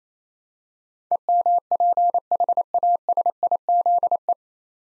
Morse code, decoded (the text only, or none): EMPHASIZE